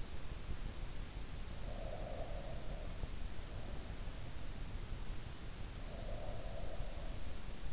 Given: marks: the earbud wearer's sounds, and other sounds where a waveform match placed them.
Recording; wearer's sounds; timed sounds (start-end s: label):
sounds in sleep by an in-ear microphone; breath
1.56-2.82 s: breath
5.74-7.73 s: breath